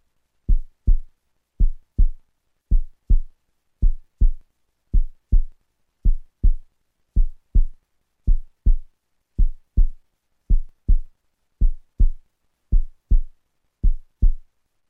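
Steady, deep paired thumps, a lub-dub about 55 times a minute, with an even rhythm and silence between beats. A produced heartbeat sound effect that resembles a slow, regular resting heartbeat.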